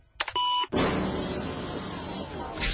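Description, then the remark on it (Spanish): A quick run of electronic telephone keypad tones, a few short steady beeps at differing pitches, cut off by a loud, dense wash of noisy sound that fills the rest. “A ver, vete para el teclado.”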